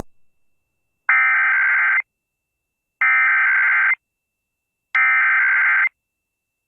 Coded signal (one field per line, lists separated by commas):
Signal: Emergency Alert System (SAME) tones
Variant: header bursts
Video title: KKDM Des Moines, IA Legal ID + EAS Test (12/1/21)